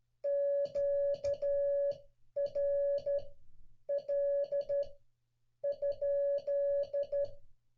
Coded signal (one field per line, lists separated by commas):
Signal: Morse code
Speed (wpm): 12 wpm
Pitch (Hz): 570 Hz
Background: music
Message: QRL?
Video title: WHAT IS QRL IN MORSE CODE AND HOW TO USE IT